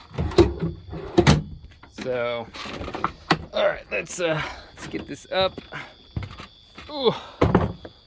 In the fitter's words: Okay, that's into place. Clicks into place just like that.